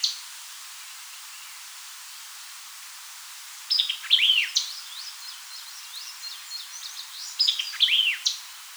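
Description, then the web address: White-eyed vireo sings two emphatic phrases of quick, slurred whistles about four seconds apart after a mostly quiet start; softer chatter follows the first. Recorded 4 January 2007. "White-eyed Vireo 2007 01 04"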